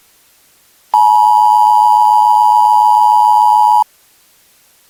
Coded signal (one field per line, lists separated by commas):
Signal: Emergency Alert System (SAME) tones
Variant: 853 and 960 Hz attention tone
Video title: EAS Scenario - The Wii Incident